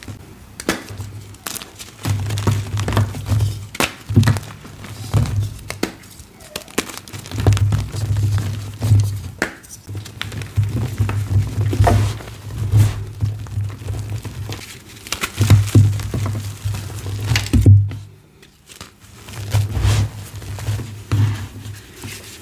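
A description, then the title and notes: Dried, paste-covered gym chalk blocks are crumbled, giving a steady run of dry crackles, snaps and soft thunks throughout. A low rumbling hum rises and falls beneath, briefly dropping away near eighteen seconds. Ombré Dyed Chalk + Pasted Gym Chalk Slab. ASMR crumbling dried paste covered gym chalk blocks.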